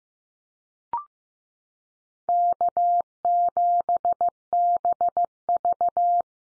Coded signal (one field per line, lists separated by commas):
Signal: Morse code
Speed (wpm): 15 wpm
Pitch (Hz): 700 Hz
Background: none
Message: K7BV